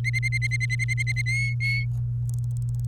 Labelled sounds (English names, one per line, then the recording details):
Domestic Canary song
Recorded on 30 April 2018 at 05:44
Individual llb3